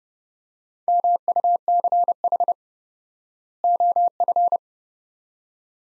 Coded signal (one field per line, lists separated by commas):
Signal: Morse code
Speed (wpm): 32 wpm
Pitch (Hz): 700 Hz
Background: none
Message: MUCH OF